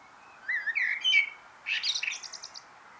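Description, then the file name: Eurasian blackbird song: a smooth whistled phrase, then a high, rapid, chattering twitter. "Turdus merula"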